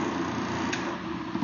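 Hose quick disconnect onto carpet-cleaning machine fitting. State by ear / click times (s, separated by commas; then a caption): seated / 0.7 s. A hose quick disconnect is fitted onto the fitting of a carpet-cleaning machine over a steady broadband background hum. A single short click at 0.7 s marks the quick disconnect locking in place, seated.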